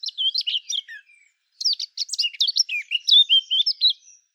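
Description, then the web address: Eurasian blackcap song, a brisk scratchy warble of rapid mixed notes, broken by a short pause before a longer second phrase. "SETE data Sylvia atricapilla"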